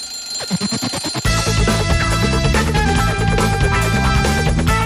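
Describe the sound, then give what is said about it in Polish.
A rapid, rattling alarm clock bell rings for about a second, then a loud, bright musical jingle bursts in and carries on to the end; the 'Trójkowy budzik' jingle of Polish Radio Program Three (Trójka). “Trójkowy budzik.”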